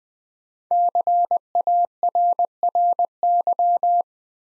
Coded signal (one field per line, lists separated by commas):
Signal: Morse code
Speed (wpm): 21 wpm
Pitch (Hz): 700 Hz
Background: none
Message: CARRY